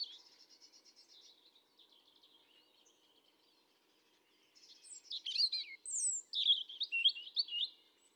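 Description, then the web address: European robin singing: a soft, thin, wavering high phrase first, then after a pause a louder, fast, jumbled phrase of sharp high notes and trills. "SETE data Erithacus rubecula"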